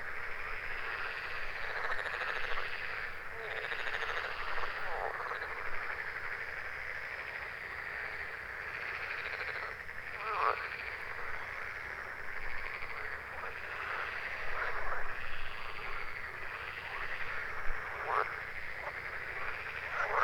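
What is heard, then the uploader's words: A froggy choir calls without pause, a dense, buzzing mass of overlapping croaks and trills in the middle and upper range. Short louder chirps break through now and then, near 10, 15 and 18 seconds, while the chorus itself stays steady throughout. Froggy Choir. Recorded in Götzerberge in the summer.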